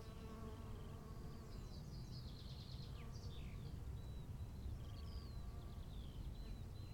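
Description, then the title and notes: Bee buzz as a steady droning hum beneath strong low wind noise and several high, thin bird whistles and chirps. Bees on a field path to the Bruder-Klaus chapel, Wachendorf, 15:15, with birds and wind around. "feldweg zur bruder-klaus-kapelle, bienen"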